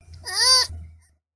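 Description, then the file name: Sloth call: one short bleating cry lasting about half a second, its pitch arching up then down, with a faint low hum underneath. "luiaard"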